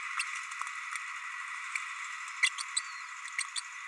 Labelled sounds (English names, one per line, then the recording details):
Green-rumped Parrotlet babbling
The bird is a male
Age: 30 days
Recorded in a nest box in Venezuela
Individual 17B32A6